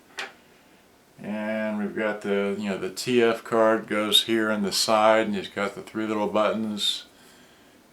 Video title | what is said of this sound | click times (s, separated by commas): WonVon Dual Channels 1080P 2.0 MP Wi-Fi Dash Camera Unboxing | has a little click to lock it in place all right and | 0.2 s